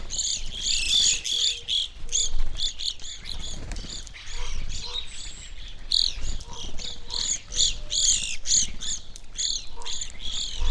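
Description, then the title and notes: Evening grosbeaks keep up lively overlapping chirps, while a few lower, softer whistled notes are scattered among them and faint background noise runs underneath. Flock feeding on sunflower seeds at a feeder hanging from a birch in a backyard, McCloud, Siskiyou County, California; relatively warm winter morning; two microphones either side of the tree trunk. "I recorded this at my home in the small town of McCloud in Siskiyou County, California. It was a relatively warm winter morning, and a flock of Evening Grosbeaks was busily eating a breakfast of sunflower seeds from a feeder hanging from the branch of a birch tree in my backyard."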